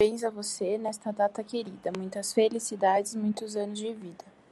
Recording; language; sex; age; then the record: short text; Brazilian Portuguese; female; 20 to 29 years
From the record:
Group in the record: control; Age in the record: 24 years